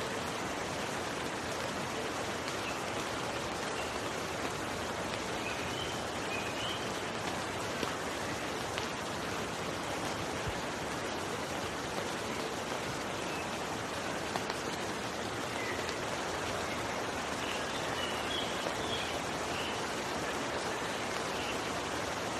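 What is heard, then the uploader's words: Steady rain falls throughout, a dense, even patter of countless drops with no pauses or swells. The hiss spreads from low to bright tones and holds a constant level, with only faint scattered ticks of individual drops standing out. Serene Rain Sounds.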